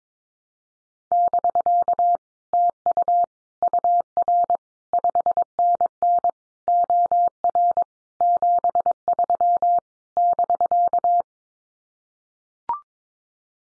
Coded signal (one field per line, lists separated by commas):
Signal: Morse code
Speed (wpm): 22 wpm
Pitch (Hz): 700 Hz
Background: none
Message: <BK> TU UR 5NN OR 73 <BK>